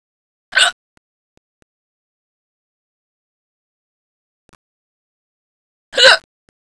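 Two brief, sharp hiccup sounds from an adult, about five seconds apart, with silence between them.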